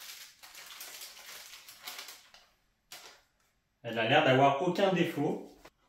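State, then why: Not seated. A piece of a newly unboxed plastic collectible figurine is handled to fit into place, likely onto its base, with rustling and handling noises and brief knocks around 1.7, 1.9, 2.3 and 2.9 seconds. Someone talks near the end. Nothing has seated or clicked yet.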